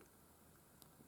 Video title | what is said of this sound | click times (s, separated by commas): Let's Make a simple 6502-based computer, Part 2: The ROM chip and memory decoder chip | clicks shut it didn't click because i closed it so gradually that it actually didn't click into place but it did close | none